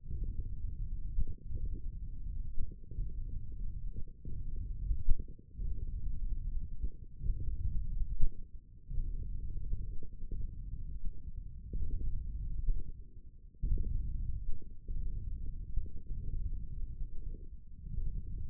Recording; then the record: forearm muscle sounds (acoustic myography)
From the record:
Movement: tripod grip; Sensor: system 1, eight BSWA MPA416 microphones around the upper forearm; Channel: 1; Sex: male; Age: 20 years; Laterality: left